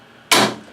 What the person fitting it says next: You heard that snap?